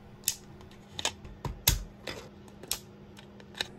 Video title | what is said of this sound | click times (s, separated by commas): The Rack Driven Mechanical 7 Segment Display - How To Assemble | and then push them onto the pins in the corners and you'll get a really satisfying snap on these | 0.3 s, 1.7 s, 2.7 s